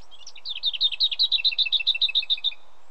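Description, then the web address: Lesser whitethroat song, a few jumbled scratchy notes then a rapid rattle of many dry, evenly repeated notes. Britain. "The BBC Sound Effects Library. Lesser Whitethroat"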